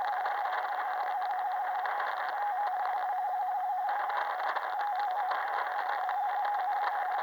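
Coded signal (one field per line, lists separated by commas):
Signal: RTTY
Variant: DDH47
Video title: Quick decoding DDH47 from 27. July 18:00 UTC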